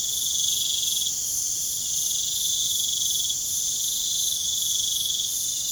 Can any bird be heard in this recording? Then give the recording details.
no. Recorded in pastures near Puerto Asís, Putumayo, Colombia, on 24 June 2025 at 00:00. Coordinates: 0.497, -76.327. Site G040